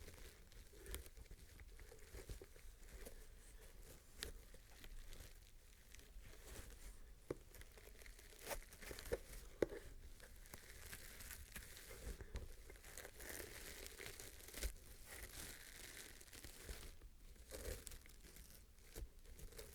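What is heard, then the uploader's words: Unboxing of a microphone, with constant crinkling and crumpling of packaging and occasional tearing. Sharp bright rustles come in quick irregular bursts throughout, with a few louder snaps near ten and seventeen seconds. Crisp and Bassy Microphone Unboxing. No Talking.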